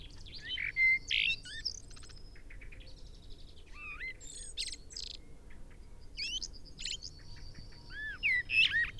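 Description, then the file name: Common blackbird song, several phrases mixing rich whistled warbles with high-pitched chattering squeaks, over steady low hum. "Turdus merula"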